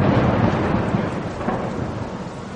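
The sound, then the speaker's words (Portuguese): A heavy, continuous roll of thunder rumbles low and loud through a windy storm over the Lake of Gennesaret, with a steady rain-like hiss layered over the deep, churning growl and no voices. “Adensadas, as nuvens de gás leve tornaram-se tenebrosa tempestade, e o lago esqueceu a calmaria, encrespando-se, açoitado pelo vento.”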